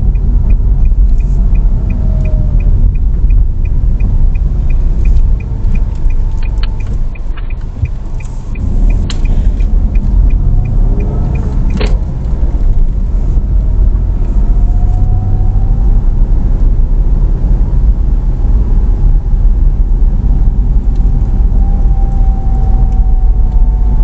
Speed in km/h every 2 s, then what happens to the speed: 20, 17, 6, 0, 8, 16, 21, 25, 28, 26, 25, 24.
0-6 slows to 0. 6-15 pulls away to 28. 15-24 steady at about 25.